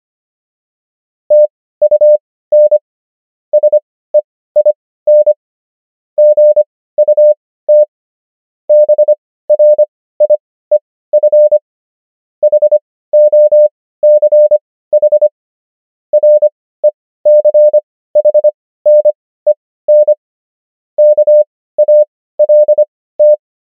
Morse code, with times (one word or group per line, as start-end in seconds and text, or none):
1.3-2.8 TUN
3.5-5.3 SEIN
6.2-7.8 GUT
8.7-11.6 BRIEF
12.4-15.3 HOCH
16.1-20.1 RECHNEN
21.0-23.3 KALT